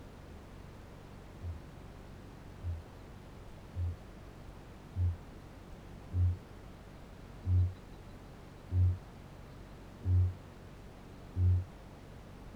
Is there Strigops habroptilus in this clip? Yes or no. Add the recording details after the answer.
yes. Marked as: faintness 3/5, faintness 2/5. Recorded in New Zealand. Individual Barnard